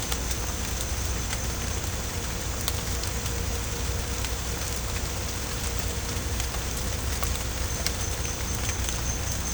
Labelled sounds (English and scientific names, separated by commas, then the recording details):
none
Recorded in pastures near Puerto Asís, Putumayo, Colombia, on 16 December 2024 at 17:30
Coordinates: 0.502, -76.324
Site G077